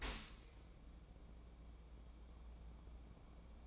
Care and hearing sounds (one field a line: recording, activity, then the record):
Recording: daily activity, microphone in the room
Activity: open dishwasher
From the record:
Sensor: 1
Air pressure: 1012.4 hPa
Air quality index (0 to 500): 172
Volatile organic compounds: 3 ppm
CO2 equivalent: 1404 ppm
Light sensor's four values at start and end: 355/809/360/396 and 355/809/359/395